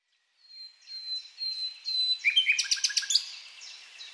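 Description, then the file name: Common nightingale song starting with soft drawn-out whistles that swell in volume, then a quick loud series of sharp repeated notes, fading afterwards. "Luscinia megarhynchos"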